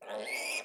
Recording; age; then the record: pig call; piglet (1 to 25 days)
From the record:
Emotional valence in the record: negative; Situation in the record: restrain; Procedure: in the arms of a person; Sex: male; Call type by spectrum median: high-frequency call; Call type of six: mixed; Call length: 0.65 s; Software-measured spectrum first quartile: 1603 Hz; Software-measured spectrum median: 2544 Hz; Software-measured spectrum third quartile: 5645 Hz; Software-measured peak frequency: 2457 Hz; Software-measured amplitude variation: 108 dB a second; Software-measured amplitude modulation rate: 26.3 a second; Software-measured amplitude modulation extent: 4.1 dB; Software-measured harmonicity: 4.1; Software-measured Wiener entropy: -2.75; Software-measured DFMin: 886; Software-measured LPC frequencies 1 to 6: 624, 2257, 2503, 3300, 4954, 7158 Hz